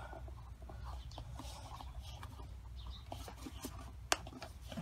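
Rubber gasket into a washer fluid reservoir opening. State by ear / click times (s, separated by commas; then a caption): seated / 4.1 s. A rubber neck gasket is pressed by hand into the opening of a new plastic windshield washer fluid reservoir for a Chevy Sonic, with squeaky rubbing and small knocks over a low background rumble as it resists. After the struggle it goes in with one sharp snap at 4.1 s, and the gasket is seated.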